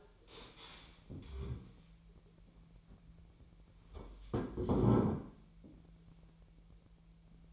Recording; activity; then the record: daily activity, microphone in the room; stand up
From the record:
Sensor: 1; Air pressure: 1001.6 hPa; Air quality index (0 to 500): 247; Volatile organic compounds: 119 ppm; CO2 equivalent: 3869 ppm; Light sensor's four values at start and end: 15/37/15/17 and 15/36/15/17